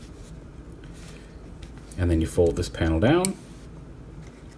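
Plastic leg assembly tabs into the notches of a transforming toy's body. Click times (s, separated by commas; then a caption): 1.6 s. The plastic leg/hip assembly of a transforming toy is folded down so its molded tabs go into notches in the body. It snaps into place with a short, sharp click at 1.6 s, heard in a pause before someone talks.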